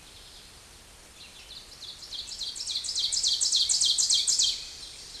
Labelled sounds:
Ovenbird song
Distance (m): 10 m
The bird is about 10 m above the microphone
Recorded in a Pennsylvania forest on 16 May 2024 at 07:11
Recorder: AudioMoth, point MSD-0475
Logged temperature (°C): 12.3 °C
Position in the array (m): 145 m, -1 m

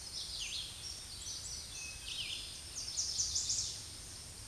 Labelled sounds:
Red-eyed Vireo song
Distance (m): 10 m
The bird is about level with the microphone
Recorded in a Pennsylvania forest on 16 May 2024 at 07:51
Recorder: AudioMoth, point MSD-2083
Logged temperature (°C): 16.7 °C
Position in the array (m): 149 m, 27 m

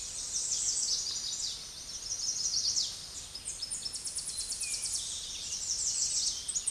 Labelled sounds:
Tennessee Warbler song
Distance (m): 25 m
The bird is about 15 m above the microphone
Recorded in a Pennsylvania forest on 16 May 2024 at 08:22
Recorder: AudioMoth, point MSD-2027
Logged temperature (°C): 15.6 °C
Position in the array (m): 86 m, 220 m

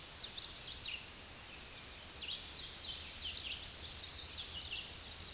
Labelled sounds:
Red-eyed Vireo song
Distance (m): 65 m
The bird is about 25 m above the microphone
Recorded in a Pennsylvania forest on 16 May 2024 at 09:26
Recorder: AudioMoth, point MSD-2163
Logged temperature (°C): 16.1 °C
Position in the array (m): 197 m, 191 m

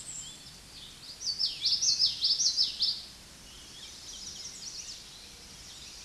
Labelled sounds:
Common Yellowthroat song
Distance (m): 15 m
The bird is about 5 m above the microphone
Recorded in a Pennsylvania forest on 16 May 2024 at 08:34
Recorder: AudioMoth, point MSD-2061
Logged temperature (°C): 16.1 °C
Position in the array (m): 235 m, 177 m

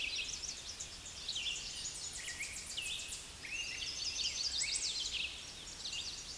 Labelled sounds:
Red-eyed Vireo song
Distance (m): 35 m
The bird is about 15 m above the microphone
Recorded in a Pennsylvania forest on 16 May 2024 at 07:14
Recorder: AudioMoth, point MSD-2039
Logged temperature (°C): 15.0 °C
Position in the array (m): 101 m, 103 m

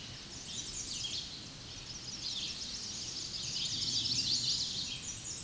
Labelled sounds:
American Redstart song
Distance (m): 80 m
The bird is about 15 m above the microphone
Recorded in a Pennsylvania forest on 16 May 2024 at 06:24
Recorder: AudioMoth, point MSD-2143
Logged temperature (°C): 16.0 °C
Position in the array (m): 32 m, 227 m

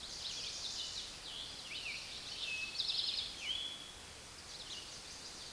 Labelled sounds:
Eastern Towhee song
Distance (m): 35 m
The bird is about 5 m above the microphone
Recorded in a Pennsylvania forest on 16 May 2024 at 06:14
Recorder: AudioMoth, point MSD-2287
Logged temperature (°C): 11.2 °C
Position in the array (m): 110 m, 6 m

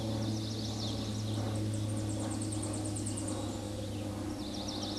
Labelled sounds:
Tennessee Warbler song
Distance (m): 55 m
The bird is about 20 m above the microphone
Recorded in a Pennsylvania forest on 16 May 2024 at 08:06
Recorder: AudioMoth, point MSD-2456
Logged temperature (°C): 16.4 °C
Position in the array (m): 145 m, 113 m

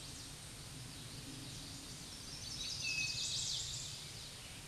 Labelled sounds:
Chestnut-sided Warbler song
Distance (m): 40 m
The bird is about 10 m above the microphone
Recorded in a Pennsylvania forest on 16 May 2024 at 07:05
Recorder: AudioMoth, point MSD-2391
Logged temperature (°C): 15.0 °C
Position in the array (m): 81 m, 61 m

